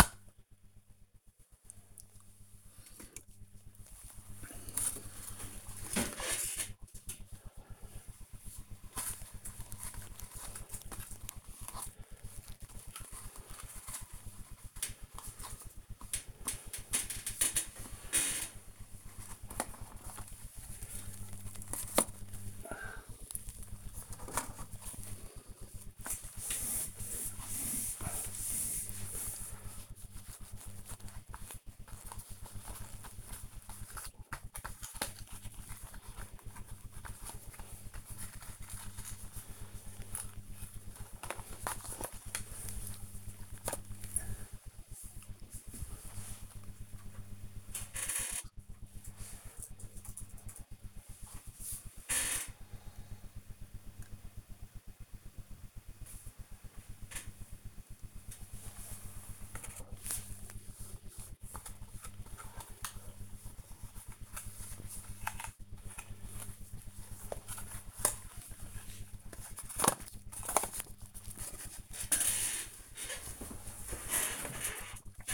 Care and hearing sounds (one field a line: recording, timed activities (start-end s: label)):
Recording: household activities, microphone on the right wrist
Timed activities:
11.88-46.07 s: dusting model cars
58.14-75.34 s: dusting model cars